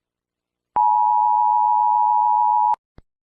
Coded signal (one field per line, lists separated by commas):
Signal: Emergency Alert System (SAME) tones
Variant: 853 and 960 Hz attention tone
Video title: EAS Scenario: Civil War II:Part II